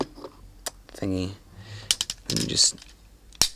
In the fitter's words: snap it into place um you make sure for the arm